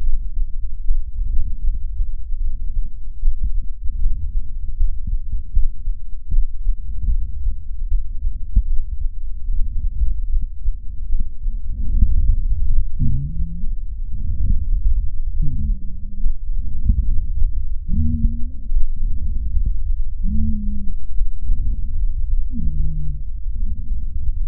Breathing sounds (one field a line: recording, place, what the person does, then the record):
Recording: lung sounds by stethoscope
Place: left anterior apical chest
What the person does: quiet breathing, then deep breathing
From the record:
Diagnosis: interstitial lung disease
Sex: female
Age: 72 years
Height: 153 cm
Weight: 71 kg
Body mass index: 30.3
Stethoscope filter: bell mode